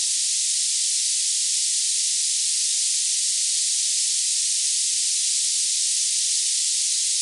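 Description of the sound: A steady, high-pitched hiss, like escaping steam, holds an even loudness throughout with no low sounds. It is generated tinnitus-masking noise centred on high pitches around 2.5, 6.5 and 8 kHz, panned between the ears to cover ringing.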